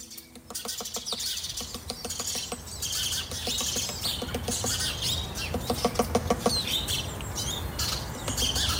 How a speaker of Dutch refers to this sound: In de tuin van Jochem Prop uit Groningen zat een grote bonte specht al wekenlang te hameren op de ingang van een nestkast. Had weinig effect, omdat de kast van hard houtbeton is gemaakt.